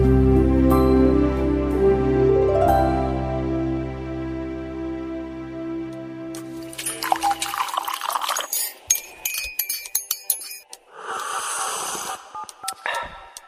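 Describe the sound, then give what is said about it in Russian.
A sustained, resonant musical tone of a short radio jingle fades out, followed by clinking glassware, a splash of pouring liquid and a short slurping sip of warm tea. “Вот мы глотнули немного тепленького чаю и продолжаем разговор на Народном славянском радио.”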